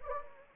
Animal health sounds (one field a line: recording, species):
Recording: mosquito wingbeat signal from an infrared sensor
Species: Anopheles arabiensis